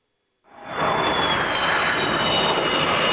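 jet airplane engine

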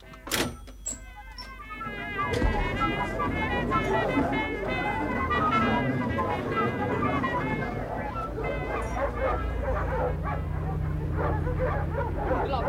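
dogs barking and whimpering

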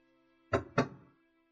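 knocking on a door

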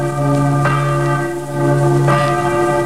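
church bells ringing

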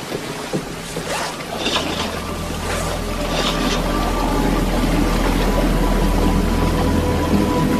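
boat moving on water

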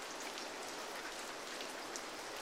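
rain falling

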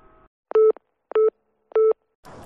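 telephone busy tone

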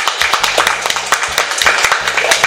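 applause

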